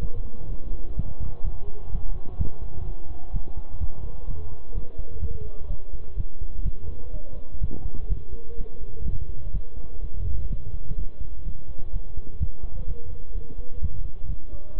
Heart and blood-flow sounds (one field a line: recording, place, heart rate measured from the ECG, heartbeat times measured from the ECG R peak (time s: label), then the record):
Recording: heart sounds by stethoscope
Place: between the tricuspid and mitral areas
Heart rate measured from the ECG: 126 bpm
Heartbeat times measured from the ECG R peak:
0.02 s: heartbeat
0.50 s: heartbeat
0.97 s: heartbeat
1.44 s: heartbeat
1.92 s: heartbeat
2.39 s: heartbeat
2.86 s: heartbeat
3.34 s: heartbeat
3.80 s: heartbeat
4.28 s: heartbeat
4.75 s: heartbeat
5.22 s: heartbeat
5.70 s: heartbeat
6.17 s: heartbeat
6.65 s: heartbeat
7.13 s: heartbeat
7.61 s: heartbeat
8.10 s: heartbeat
8.58 s: heartbeat
9.06 s: heartbeat
9.54 s: heartbeat
10.02 s: heartbeat
10.50 s: heartbeat
10.98 s: heartbeat
11.46 s: heartbeat
11.93 s: heartbeat
12.41 s: heartbeat
12.88 s: heartbeat
13.35 s: heartbeat
13.82 s: heartbeat
14.29 s: heartbeat
14.76 s: heartbeat
From the record:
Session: bicycle stress test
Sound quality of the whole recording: good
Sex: male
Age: 23 years